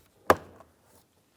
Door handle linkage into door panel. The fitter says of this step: now we can latch it in